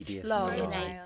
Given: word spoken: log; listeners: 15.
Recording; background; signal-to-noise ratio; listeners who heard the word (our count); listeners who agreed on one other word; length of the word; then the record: one English word in noise, from a listening test; four-talker babble; 0.5 dB; 1 of 15; 8 of 15; 0.66 s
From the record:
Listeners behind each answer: 8, 2, 1, 1, 1, 1, 1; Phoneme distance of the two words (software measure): 10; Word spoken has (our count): 1 syllable, 3 phonemes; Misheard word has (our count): 1 syllable, 3 phonemes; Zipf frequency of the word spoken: 4.09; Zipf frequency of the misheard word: 5.80